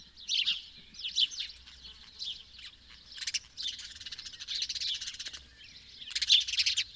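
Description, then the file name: House sparrow chatter: many overlapping chirps in uneven bursts throughout, with brief quieter gaps between busier stretches. "Passer domesticus"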